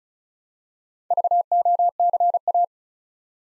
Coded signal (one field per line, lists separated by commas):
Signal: Morse code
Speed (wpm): 36 wpm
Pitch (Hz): 700 Hz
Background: none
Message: VOCA